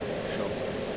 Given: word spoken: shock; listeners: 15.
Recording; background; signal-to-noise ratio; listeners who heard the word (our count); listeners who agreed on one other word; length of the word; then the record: one English word in noise, from a listening test; speech-shaped noise; -6.8 dB; 4 of 15; 8 of 15; 0.57 s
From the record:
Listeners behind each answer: 8, 4, 2, 1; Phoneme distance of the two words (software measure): 10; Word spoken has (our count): 1 syllable, 3 phonemes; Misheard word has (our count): 1 syllable, 3 phonemes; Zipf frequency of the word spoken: 4.63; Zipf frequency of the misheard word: 5.05